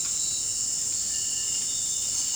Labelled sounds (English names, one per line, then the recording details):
none
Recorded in dense forest near Puerto Asís, Putumayo, Colombia, on 8 March 2025 at 18:00
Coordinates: 0.486, -76.317
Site G053